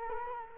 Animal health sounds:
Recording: mosquito wingbeat signal from an infrared sensor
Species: Culex quinquefasciatus

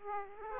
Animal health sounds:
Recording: mosquito wingbeat signal from an infrared sensor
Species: Aedes aegypti

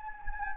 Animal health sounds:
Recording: mosquito wingbeat signal from an infrared sensor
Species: Anopheles gambiae

